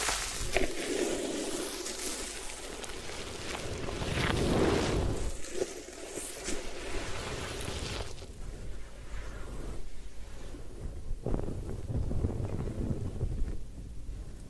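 A head spa hair wash with a steady rush of spraying water, bright and dense for eight seconds, then duller, with a short burst near eleven.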